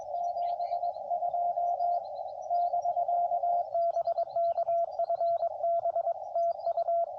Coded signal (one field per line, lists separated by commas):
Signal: Morse code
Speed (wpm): 22 wpm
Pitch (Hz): 690 Hz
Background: radio noise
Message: 72 <BK> BK FB TU